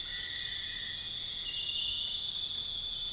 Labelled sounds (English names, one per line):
none